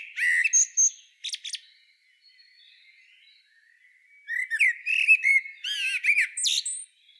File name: Turdus merula